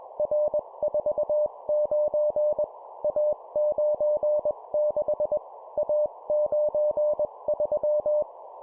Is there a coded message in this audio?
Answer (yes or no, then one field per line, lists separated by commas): yes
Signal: Morse code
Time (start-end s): 0.2-8.2 s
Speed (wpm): 21 wpm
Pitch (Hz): 600 Hz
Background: none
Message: R49 A96 A93